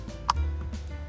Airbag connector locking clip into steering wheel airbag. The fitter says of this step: make sure you hear two clicks and then once you do that we'll snap